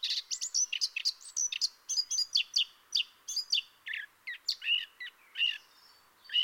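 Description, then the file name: Eurasian blackcap song, quick scratchy twittering, then a few clearer whistled notes toward the end. "Sylvia atricapilla"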